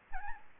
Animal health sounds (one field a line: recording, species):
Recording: mosquito wingbeat signal from an infrared sensor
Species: Aedes albopictus